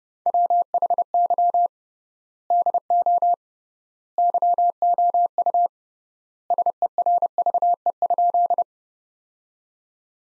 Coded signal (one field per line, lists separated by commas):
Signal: Morse code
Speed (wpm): 30 wpm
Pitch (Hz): 700 Hz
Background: none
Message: WHY DO YOU SERVE?